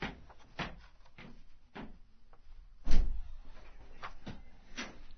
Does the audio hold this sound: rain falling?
no